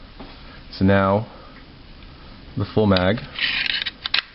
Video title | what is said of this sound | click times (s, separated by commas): Converting a Norinco 213 9mm to 7.62x25 Tokarev | will click in with no problems | 4.1 s